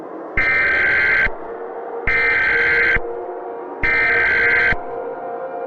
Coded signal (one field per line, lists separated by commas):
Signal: Emergency Alert System (SAME) tones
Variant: header bursts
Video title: World War III: An EAS Scenario